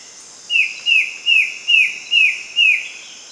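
Bird giving six short, downslurred chirps evenly spaced about every half second, with a constant high hiss behind.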